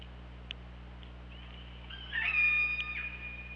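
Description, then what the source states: Killer whale call, a brief harmonic whistle-like tone held steady for about a second, rising slightly at its start, over constant low underwater hum. Underwater hydrophone recording from OrcaLab, made on 24 August 2017 at 21:18.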